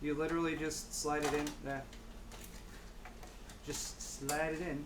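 A 2.5 in SSD is slid into a PC case drive bay before being pushed home under the clip, with faint sliding and scraping sounds around 3.0 to 3.5 s while someone talks. Nothing has seated or clicked yet.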